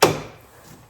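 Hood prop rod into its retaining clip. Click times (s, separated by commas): 0.0 s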